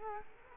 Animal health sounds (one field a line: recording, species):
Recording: mosquito wingbeat signal from an infrared sensor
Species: Culex quinquefasciatus